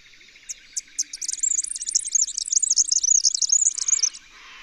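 Red-backed fairywren song: three spaced high introductory notes, then a long, very high, rapid reeling trill ending sharply after about three seconds.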